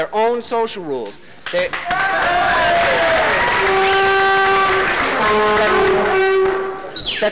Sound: applause